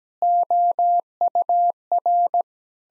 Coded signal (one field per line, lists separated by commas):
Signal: Morse code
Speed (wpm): 17 wpm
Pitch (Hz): 700 Hz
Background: none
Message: OUR